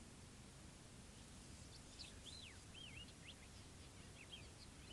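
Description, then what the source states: Bird calls: a few scattered, slurred whistles that dip and rise, sounding thin and high against a steady low background noise. Morning at a desert camp in Morocco.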